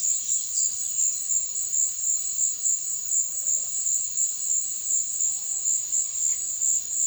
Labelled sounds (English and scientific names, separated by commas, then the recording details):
Bananaquit (Coereba flaveola)
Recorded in dense forest near Puerto Asís, Putumayo, Colombia, on 20 February 2024 at 17:30
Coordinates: 0.505, -76.324
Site G6467